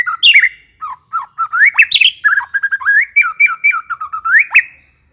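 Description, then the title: White-rumped shama song: a rapid, varied run of loud whistles, slurred notes and harsh chips, phrases tumbling one after another for about five seconds. Aggressive White-rumped shama song used as a lure to provoke a fighting bird. "Pancingan Murai Batu Galak"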